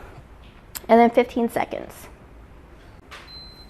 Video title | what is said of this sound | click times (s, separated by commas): Creating a Two-Color Rhinestone 4th of July Shirt with the Silhouette CAMEO | I'm gonna bring it down until it clicks shut and then | 0.8 s